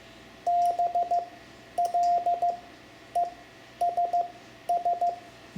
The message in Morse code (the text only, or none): BLESS